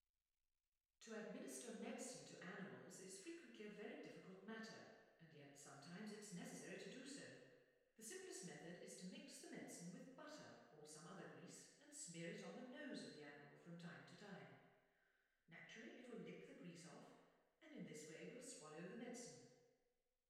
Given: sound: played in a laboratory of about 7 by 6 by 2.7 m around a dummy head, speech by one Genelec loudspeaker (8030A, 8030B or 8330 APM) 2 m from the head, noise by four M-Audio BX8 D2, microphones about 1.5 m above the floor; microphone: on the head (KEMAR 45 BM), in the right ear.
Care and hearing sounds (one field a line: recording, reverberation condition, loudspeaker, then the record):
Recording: female speech in English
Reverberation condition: high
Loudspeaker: 30 degrees to the left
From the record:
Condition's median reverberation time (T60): about 1300 ms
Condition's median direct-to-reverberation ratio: about -4.0 dB